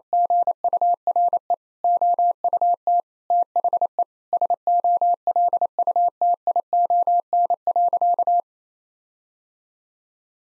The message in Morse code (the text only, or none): GURE OUT THE SOLUTION.